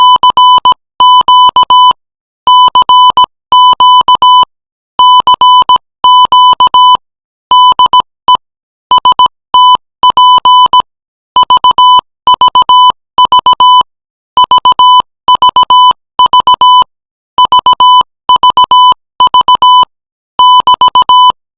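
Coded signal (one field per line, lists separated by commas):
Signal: Morse code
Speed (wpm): 17 wpm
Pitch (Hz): 1000 Hz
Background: music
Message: CQ CQ CQ DE STP VVV VVV VVV <BT>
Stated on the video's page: Morse practice at 20 words per minute, beginning with CQ call and VVV.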